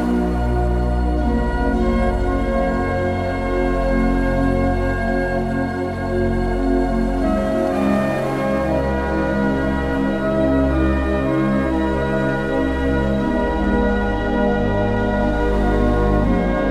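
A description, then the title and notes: Gentle music with sustained, layered chords that shift slowly, with deep bass notes changing every couple of seconds. Loudness stays even throughout, with a brief brighter swell near the eight-second mark and smooth, unhurried movement between tones. Gentle relaxing music.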